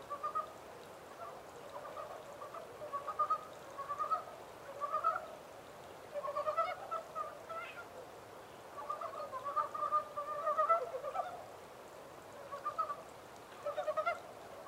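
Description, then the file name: Montane brown frog calling: repeated short bouts of quick, pulsed croaks continuing throughout. 14 April 2010. "yamaakagaeru-20100414"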